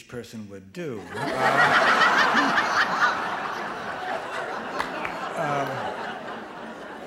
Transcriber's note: soundbite of laughter